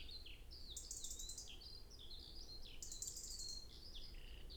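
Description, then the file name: European robin song with high, sweet whistled phrases that dip and jump in pitch, broken by two fast sizzling high trills, above constant low rumbling noise. "Erithacus rubecula"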